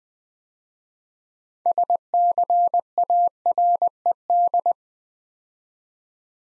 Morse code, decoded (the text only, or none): SCARED